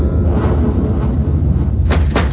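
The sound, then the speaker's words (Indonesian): A few dull knocks on a door, the last two coming close together, over a steady heavy low rumble that fills the background. “Ketukan itu tetap terdengar, diikuti suara seperti menggeram.”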